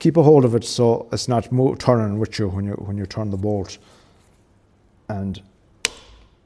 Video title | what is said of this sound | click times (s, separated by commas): Rear Brake Fluid Change On Honda CB 500X - Motorcycle Ways | there we have it. You can hear that click. So it was tight enough. | 5.8 s